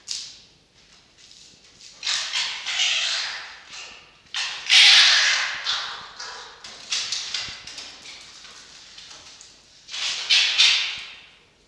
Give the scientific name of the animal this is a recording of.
Vulpes vulpes